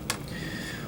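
A syringe clamp on a PCA infusion pump is rotated over the loaded medication syringe and gives one sharp click at 0.1 s as it locks into place. A faint low hum and a high tone continue through the rest of the clip. The clamp is seated and the syringe is locked in.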